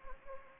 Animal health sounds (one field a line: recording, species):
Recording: mosquito wingbeat signal from an infrared sensor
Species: Anopheles gambiae